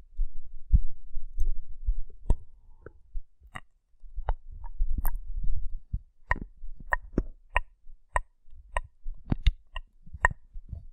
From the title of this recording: Rough Brain Cleaning and Picking